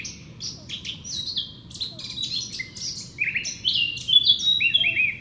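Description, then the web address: Eurasian blackcap song: quick chattering warble building into louder, clear whistled notes toward the end. "SETE data Sylvia atricapilla"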